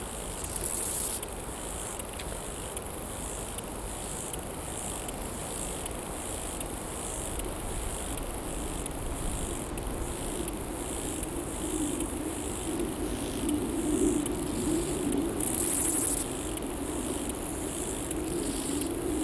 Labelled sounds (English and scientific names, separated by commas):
Steppe Grasshopper (Chorthippus dorsatus) stridulation